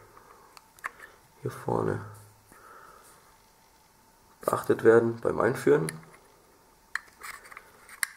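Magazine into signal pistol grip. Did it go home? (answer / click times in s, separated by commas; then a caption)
yes / 8.0 s. Someone talks while the magazine of a Röhm RG300 6 mm Flobert signal pistol (PTB-327) is handled and pushed fully into the grip, with a few light clicks and a sharp click at 7.0 s. At 8.0 s a crisp click is heard as the magazine snaps home and latches in place.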